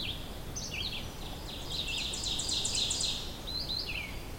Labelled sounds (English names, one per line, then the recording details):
Ovenbird song
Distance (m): 25 m
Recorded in boreal forest in Alberta, Canada, on 22 June 2016 at 05:36
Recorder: SongMeter 3, array SBT-6-76
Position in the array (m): 33 m, 10 m
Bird 2